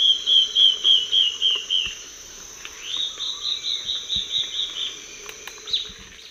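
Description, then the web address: Black-faced antbird calls, a fast series of clear whistled notes descending slightly, followed by a second series, over a steady high insect drone. Calls and duet, eastern lowlands of South America. "Natures Songs S America Eastern Lowlands. Myrmoborus myotherinus, calls and duet"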